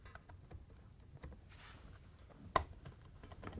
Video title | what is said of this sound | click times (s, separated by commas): How To: Frigidaire/Electrolux Motor Kit 154844301 | all you have to do is line it up and push it on so it locks in place | 2.6 s